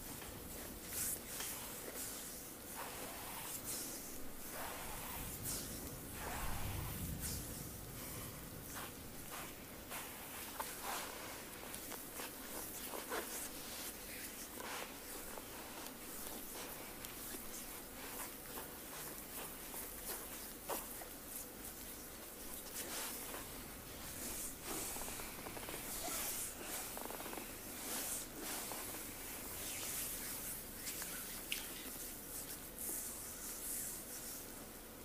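A full body sport massage goes on with steady hissing skin rubs, frequent quick slaps and pats, and a louder low thump near seven seconds.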